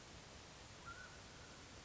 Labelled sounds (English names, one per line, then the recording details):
Mountain Quail
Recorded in Sonoma County, California